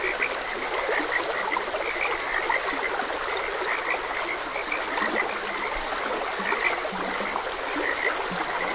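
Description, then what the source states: Frogs croak in short high notes, with a flowing stream rushing steadily underneath. Frogs croaking beside a gentle stream.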